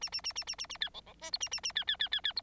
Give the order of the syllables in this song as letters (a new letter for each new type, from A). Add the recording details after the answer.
A A A A A A A B C C D E A A A B B B B B E. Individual Bird9